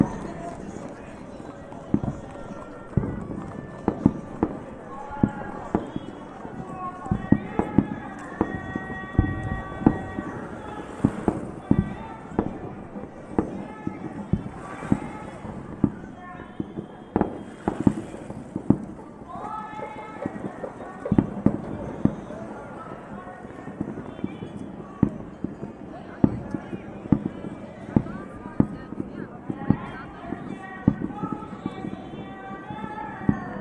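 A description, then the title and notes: A town festival with fireworks and singing: sharp bangs and crackles go off irregularly all the way through, often several in quick bursts. Voices sing and chatter underneath, with sustained sung notes clearest around ten seconds and again from about twenty to twenty-five seconds. Hotel Room Overlooking Town Festival w/ Singing & Fireworks.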